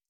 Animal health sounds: hydrophone in a shrimp aquaculture tank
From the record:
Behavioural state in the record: stressed

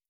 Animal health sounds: hydrophone in a shrimp aquaculture tank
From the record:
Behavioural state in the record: starved

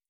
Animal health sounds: hydrophone in a shrimp aquaculture tank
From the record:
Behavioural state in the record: feeding

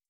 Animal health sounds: hydrophone in a shrimp aquaculture tank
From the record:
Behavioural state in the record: starved

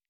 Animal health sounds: hydrophone in a shrimp aquaculture tank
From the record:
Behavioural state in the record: starved

